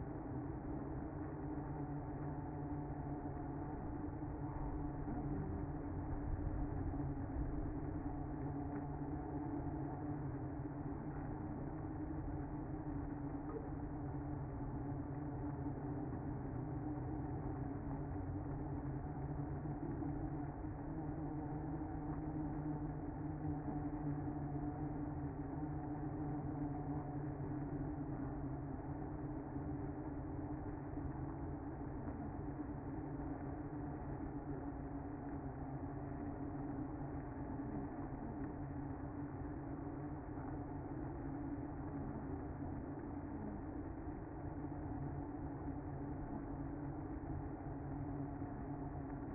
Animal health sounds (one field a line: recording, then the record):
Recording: honeybee colony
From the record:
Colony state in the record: active